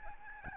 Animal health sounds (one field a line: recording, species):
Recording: mosquito wingbeat signal from an infrared sensor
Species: Aedes albopictus